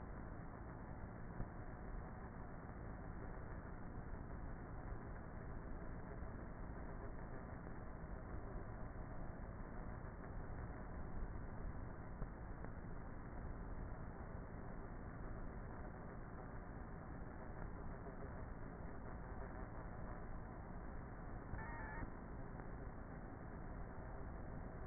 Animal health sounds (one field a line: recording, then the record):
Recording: honeybee colony, microphone inside the hive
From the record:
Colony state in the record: queenless with a low population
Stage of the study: before two queens were removed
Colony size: about 30,000 bees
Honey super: no